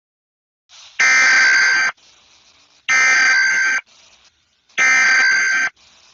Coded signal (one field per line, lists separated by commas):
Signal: Emergency Alert System (SAME) tones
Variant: header bursts